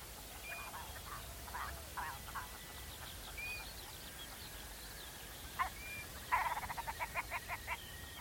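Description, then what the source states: Red grouse with scattered gurgling notes, then a loud stammering series that fades, with a few short whistled notes behind. Wild birds on open moorland, Dryburn Moor, North Pennines/Northumberland, early May 2022, in darkness at the start of a morning recording session; binaural recording.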